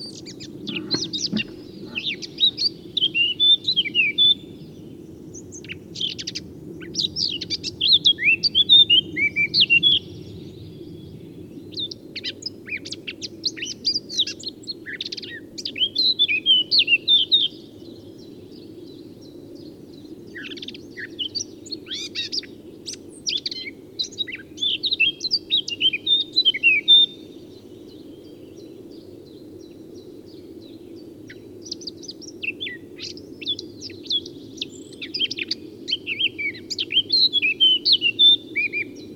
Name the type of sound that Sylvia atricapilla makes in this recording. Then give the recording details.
song. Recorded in the wild. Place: Groß Nemerow, Mecklenburg-Vorpommern, DE. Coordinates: 53.345, 13.205. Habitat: Forest. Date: 1982-04-26. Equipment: Nagra III BH, Sennheiser MD 21, parabola. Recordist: Schubert, Michael. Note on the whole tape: Andere Mönchsgrasmücke, Motivgesang